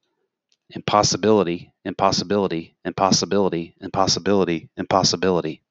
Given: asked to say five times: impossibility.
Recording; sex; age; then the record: repeated word; male; 40 to 49 years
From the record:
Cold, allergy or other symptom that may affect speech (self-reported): no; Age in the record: 47 years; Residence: Florida, United States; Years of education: 18